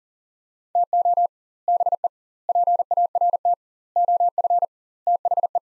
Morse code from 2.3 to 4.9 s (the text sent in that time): PART OF